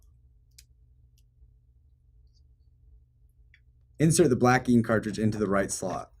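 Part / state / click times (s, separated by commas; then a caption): black ink cartridge into printer carriage slot / not seated / none. A black ink cartridge is handled for insertion into the right slot of the carriage of an HP ENVY 5540 printer, with only a few faint ticks over near-silence, around 0.6 s and 3.5 s. Someone talks from about 4.0 s to the end. Nothing has seated or clicked into place yet.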